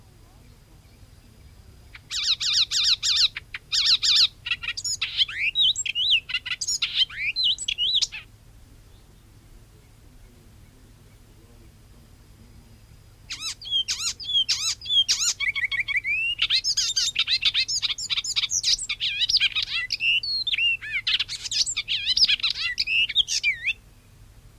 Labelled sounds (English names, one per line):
Icterine Warbler song